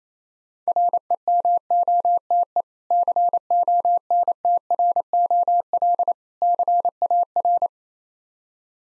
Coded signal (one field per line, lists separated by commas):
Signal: Morse code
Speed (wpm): 28 wpm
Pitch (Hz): 700 Hz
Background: none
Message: REMOTE CONTROL CAR